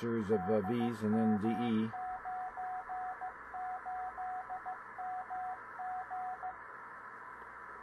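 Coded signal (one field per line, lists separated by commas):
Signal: Morse code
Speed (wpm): 15 wpm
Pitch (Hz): 740 Hz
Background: speech, radio noise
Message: DM98MG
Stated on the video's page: Beacon in DM98 heard 350 miles away in EM29 during enhanced propagation one morning.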